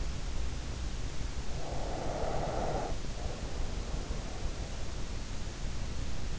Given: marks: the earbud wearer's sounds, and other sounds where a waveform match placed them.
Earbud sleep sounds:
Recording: sounds in sleep by an in-ear microphone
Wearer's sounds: breath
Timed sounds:
1.42-4.49 s: breath

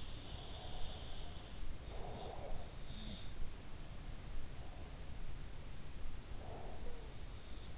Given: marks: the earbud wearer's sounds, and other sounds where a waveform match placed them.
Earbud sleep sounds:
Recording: sounds in sleep by an in-ear microphone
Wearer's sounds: breath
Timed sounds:
0.00-2.73 s: breath
2.82-3.34 s: sound from someone else or the room
6.21-7.05 s: breath
6.70-7.26 s: sound from someone else or the room

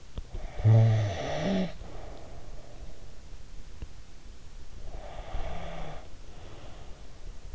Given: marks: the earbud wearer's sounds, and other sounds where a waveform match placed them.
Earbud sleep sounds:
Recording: sounds in sleep by an in-ear microphone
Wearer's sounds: snoring breath, breath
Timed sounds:
0.19-3.32 s: snoring breath
4.78-7.46 s: breath

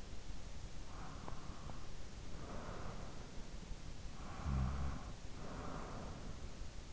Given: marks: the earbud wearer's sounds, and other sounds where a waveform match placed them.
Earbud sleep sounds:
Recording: sounds in sleep by an in-ear microphone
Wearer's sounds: breath, snoring breath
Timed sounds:
0.61-3.72 s: breath
4.00-6.67 s: snoring breath

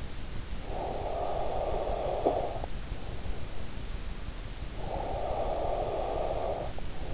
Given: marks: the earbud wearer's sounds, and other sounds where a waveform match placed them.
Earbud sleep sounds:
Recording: sounds in sleep by an in-ear microphone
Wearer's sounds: snoring breath, breath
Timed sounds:
0.57-2.98 s: snoring breath
4.63-7.14 s: breath

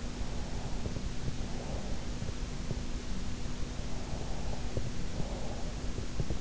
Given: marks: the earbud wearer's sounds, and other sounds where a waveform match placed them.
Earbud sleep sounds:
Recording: sounds in sleep by an in-ear microphone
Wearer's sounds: breath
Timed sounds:
0.27-2.16 s: breath
3.79-5.79 s: breath

